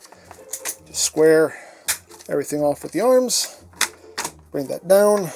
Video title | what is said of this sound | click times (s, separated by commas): Legacy TItan CYBERTRON METROPLEX | make sure that snaps into place | 0.5 s